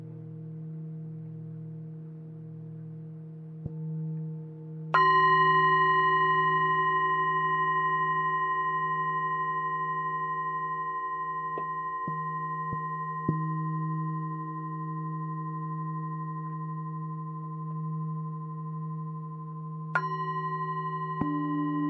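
Tibetan singing bowls ring out in long, pure sustained tones, with a low hum throughout. Fresh strikes land around five seconds and again near twenty, each adding a bright, shimmering overtone that slowly fades. A few soft taps sound in between.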